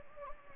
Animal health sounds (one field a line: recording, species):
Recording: mosquito wingbeat signal from an infrared sensor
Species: Anopheles gambiae